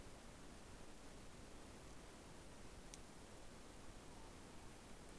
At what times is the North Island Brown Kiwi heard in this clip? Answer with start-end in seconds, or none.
none